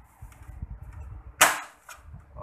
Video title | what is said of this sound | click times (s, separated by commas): fridge over cooling problem / thermostat replacement in தமிழில் | அவ்வளோதான், lock ஆயிடுச்சு. | 1.4 s